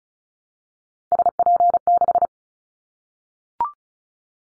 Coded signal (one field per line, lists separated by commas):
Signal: Morse code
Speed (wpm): 34 wpm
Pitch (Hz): 700 Hz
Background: none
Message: SP6